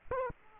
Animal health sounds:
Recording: mosquito wingbeat signal from an infrared sensor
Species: Aedes aegypti

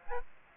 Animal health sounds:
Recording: mosquito wingbeat signal from an infrared sensor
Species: Aedes aegypti

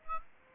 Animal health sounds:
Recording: mosquito wingbeat signal from an infrared sensor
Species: Aedes aegypti

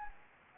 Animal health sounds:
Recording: mosquito wingbeat signal from an infrared sensor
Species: Anopheles gambiae

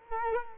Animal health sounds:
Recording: mosquito wingbeat signal from an infrared sensor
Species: Culex quinquefasciatus

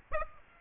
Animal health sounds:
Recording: mosquito wingbeat signal from an infrared sensor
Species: Aedes aegypti

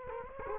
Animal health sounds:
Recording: mosquito wingbeat signal from an infrared sensor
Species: Culex quinquefasciatus

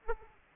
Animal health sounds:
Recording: mosquito wingbeat signal from an infrared sensor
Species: Aedes aegypti

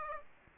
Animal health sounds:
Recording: mosquito wingbeat signal from an infrared sensor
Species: Aedes aegypti

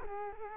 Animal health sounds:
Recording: mosquito wingbeat signal from an infrared sensor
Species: Culex quinquefasciatus

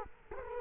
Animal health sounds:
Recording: mosquito wingbeat signal from an infrared sensor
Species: Culex quinquefasciatus

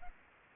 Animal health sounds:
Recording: mosquito wingbeat signal from an infrared sensor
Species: Aedes aegypti

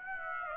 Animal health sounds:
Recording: mosquito wingbeat signal from an infrared sensor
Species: Aedes aegypti

